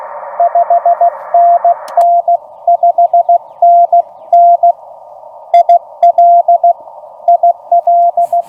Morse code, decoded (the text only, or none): 5NN 5NN IL IL